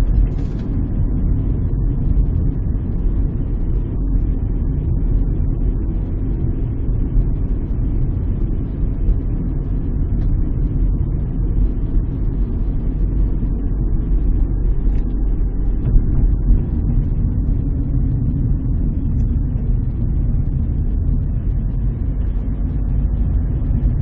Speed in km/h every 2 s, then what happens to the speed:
37, 36, 35, 35, 35, 36, 35, 33, 29, 26, 21, 24.
0-11 steady at about 35. 11-20 slows to 21.